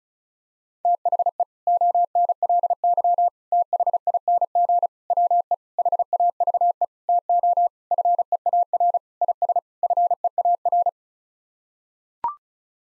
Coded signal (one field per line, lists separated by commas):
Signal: Morse code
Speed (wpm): 34 wpm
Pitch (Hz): 700 Hz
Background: none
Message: THE ONLY THING WE HAVE TO FEAR IS FEAR